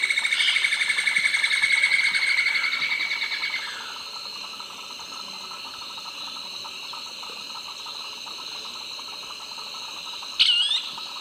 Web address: Natures Songs S America Eastern Lowlands Dendrexetastes rufigula, duet and calls